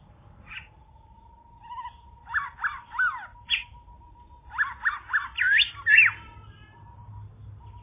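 Bird calls in short chirpy bursts of several notes, heard over a steady, even tone that runs throughout.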